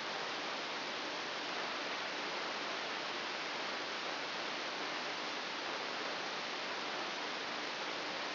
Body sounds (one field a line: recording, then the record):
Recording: brain microelectrode recording played as sound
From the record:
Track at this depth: inside the subthalamic nucleus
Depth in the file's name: 4.002 mm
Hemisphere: right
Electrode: 2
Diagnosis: Parkinson's disease